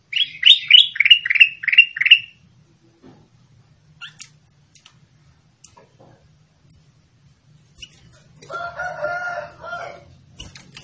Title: Suara Burung Kutilang